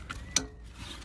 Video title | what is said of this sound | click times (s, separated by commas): Auxiliary water pump, 2005 Toyota Prius, part 2 | thing push push a minute II hear that click pull | 0.4 s